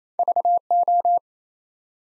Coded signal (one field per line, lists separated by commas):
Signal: Morse code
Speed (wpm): 29 wpm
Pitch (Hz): 700 Hz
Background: none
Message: VO